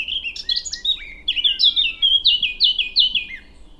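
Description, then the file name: Eurasian blackcap song: brief chattering twitter followed by a few loud, clear fluting notes. "Sylvia atricapilla"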